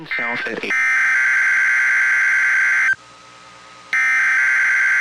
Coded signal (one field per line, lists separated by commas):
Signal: Emergency Alert System (SAME) tones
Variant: header bursts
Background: speech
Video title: NWR Weeklies (EAS #857-#868)